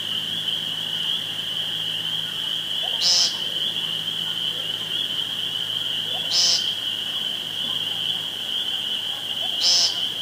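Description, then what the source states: Woodcock giving low, throaty croaks that end in a thin, high squeak, three times at roughly three-second intervals, with a constant shrill hum behind. Recorded 2 June 2013 with a phone.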